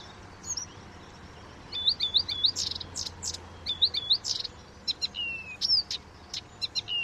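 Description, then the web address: Blyth's reed warbler song: high, scratchy whistled notes and dry clicks, short slurred phrases repeated after a quiet start, in the upper register. "chant didier collin rousserolle des buissons"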